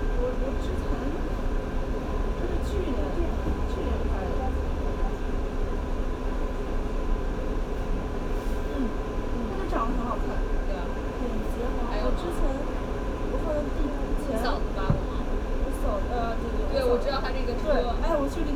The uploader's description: a field recording of a visit to experience the sound piece 'Window Pain' by Colin Siyuan Chinnery, installed at Tattoo Parlour space in Beijing